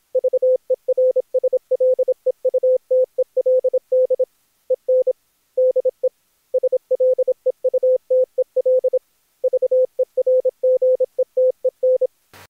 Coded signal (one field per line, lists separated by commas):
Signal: Morse code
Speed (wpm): 25 wpm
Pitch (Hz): 510 Hz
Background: none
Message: VERSLEUTELD EN DE SLEUTEL VERGETEN